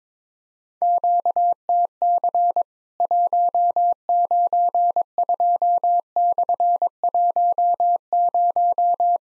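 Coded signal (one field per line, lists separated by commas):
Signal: Morse code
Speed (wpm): 23 wpm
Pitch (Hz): 700 Hz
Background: none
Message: QTC 192/10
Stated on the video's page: Worked All Europe DX Contest QTC exchange practice at 22wpm, each exchange sent in Morse, then spoken, then sent again.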